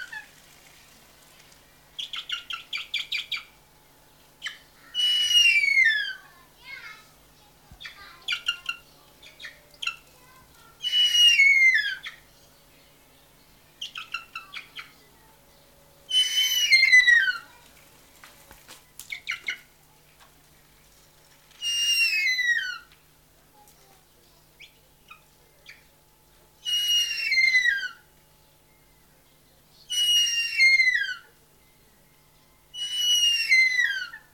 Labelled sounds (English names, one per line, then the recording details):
Harpy Eagle call
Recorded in captivity
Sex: male
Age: adult
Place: Tierpark Berlin, Berlin, DE
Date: 1983-10-01 10:46
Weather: sonnig ca. 6°C, leichter Wind
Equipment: Nagra SN, Kopie Uher 4000 Report Monitor
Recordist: Tembrock, Günter